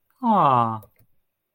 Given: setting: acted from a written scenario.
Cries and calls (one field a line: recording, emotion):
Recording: vocal sound without words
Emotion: adoration